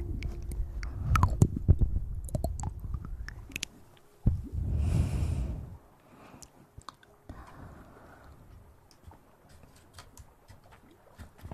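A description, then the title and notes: Intense mouth sounds: wet clicks, smacks and chewing-like crunches crowd the first four seconds, then a sharp smack opens a dense, hissy burst lasting about a second and a half. After six seconds the sounds thin out into sparse soft clicks and quiet lip noises. Intense Mouth Sounds.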